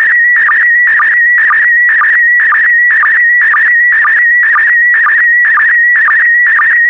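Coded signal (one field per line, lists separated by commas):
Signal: SSTV (slow-scan television)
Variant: PD120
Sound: warbling tone near 2 kHz with a short low blip about twice per second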